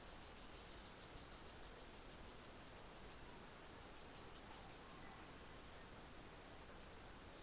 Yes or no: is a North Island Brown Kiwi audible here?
no